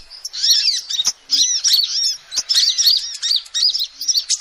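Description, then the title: Lovebird chattering, a dense run of high, shrill arched chirps and squeaks in quick bursts with short pauses, plus a few faint low thumps. Lovebird calls used as a lure (pikat) for trapping birds. "PIKAT BURUNG LOVEBIRD"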